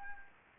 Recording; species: mosquito wingbeat signal from an infrared sensor; Anopheles gambiae